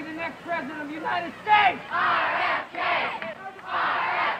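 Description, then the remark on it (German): Supporters cheer loudly as he takes the stage shortly after midnight in the ballroom of the Hotel Ambassador in Los Angeles, a broad roar of shouting and whooping voices that rises and falls in several waves, with individual cries standing out at the start. “Kurz nach Mitternacht betritt er unter dem Jubel seiner Anhänger die Bühne im Ballsaal des Hotels Ambassador in Los Angeles.”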